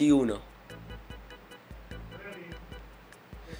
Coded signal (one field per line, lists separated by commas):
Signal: none